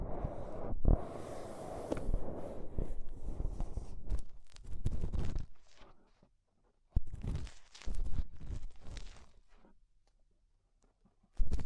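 Ear cleaning with clay and rhinestones being removed, heard as close scratching, rubbing and crackling bursts. Dense rustling fills the first five seconds, then comes in shorter bursts around seven to nine seconds, with near-silent gaps between and a sharp scrape at the end.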